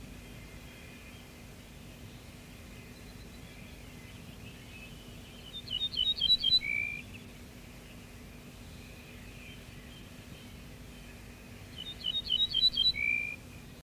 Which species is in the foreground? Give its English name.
Ortolan Bunting